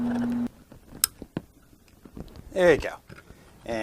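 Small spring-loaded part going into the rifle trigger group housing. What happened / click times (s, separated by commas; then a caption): A small spring-loaded metal part snaps into place / 1.0 s. A small spring-loaded part is pushed back into the trigger group housing of an M1 Garand rifle with a screwdriver until it snaps into place, with a sharp, bright click at 1.0 s. Someone talks around it, and the part is seated.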